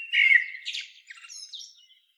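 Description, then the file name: Eurasian blackbird song phrase: rich fluty opening notes followed by fainter scratchy high twitters. "Turdus merula"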